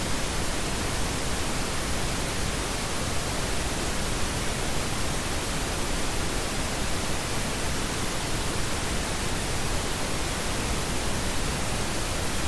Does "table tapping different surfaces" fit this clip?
no